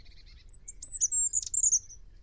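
Bird calls opening with a few faint buzzy notes, then a fast high twitter and a long thin whistled trill fading out.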